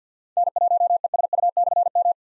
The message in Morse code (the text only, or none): N1ESU/M